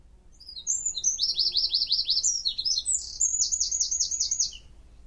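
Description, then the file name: Eurasian wren song: loud, high-pitched burst of fast trills and chattering notes, including two rapid rattling trill sections, lasting about four seconds. "Troglodytes troglodytes"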